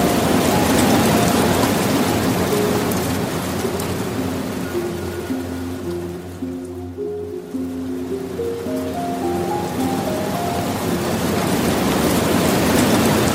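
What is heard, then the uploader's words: Soft piano notes play slowly over a steady wash of flowing water. Around the middle the water thins and the piano comes forward with a gentle run of rising and falling notes, then the stream swells back to a full, even hiss with a low rumble beneath. Relaxing Piano Music and the gentle flow of a Soft Water Stream. The rising and falling sounds of a Waterfall.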